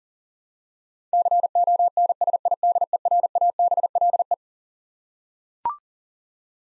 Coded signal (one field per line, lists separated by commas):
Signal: Morse code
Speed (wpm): 37 wpm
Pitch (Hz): 700 Hz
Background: none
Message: CONSIDERABLE